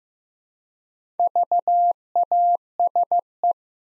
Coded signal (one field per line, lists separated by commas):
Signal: Morse code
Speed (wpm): 15 wpm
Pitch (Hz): 700 Hz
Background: none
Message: VASE